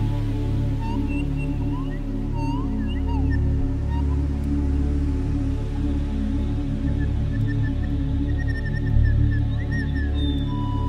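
Beluga whale chirps, quick curved squeaks early on, then thin flat whistles later, set against a loud steady low drone.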